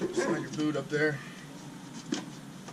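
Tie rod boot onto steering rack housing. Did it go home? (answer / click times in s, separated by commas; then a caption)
yes / 2.1 s. Someone talks while a rubber tie rod boot is slid up onto the steering rack housing. The boot clicks into place at 2.1 seconds, locking into its groove and seating.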